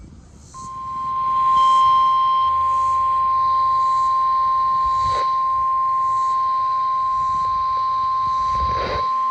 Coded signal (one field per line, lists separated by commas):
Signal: Emergency Alert System (SAME) tones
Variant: 1050 Hz attention tone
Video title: EAS #147-148 KXI42 Double header TOR and SVR!